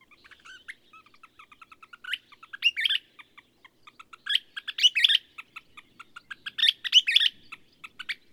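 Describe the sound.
Bird song in a clean setting: rapid series of short notes building into three loud, complex warbled bursts.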